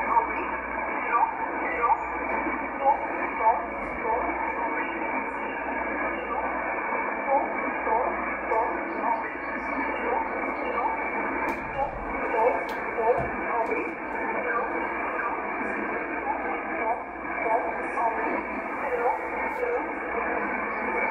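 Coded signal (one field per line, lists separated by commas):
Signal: numbers station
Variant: E11 Oblique, English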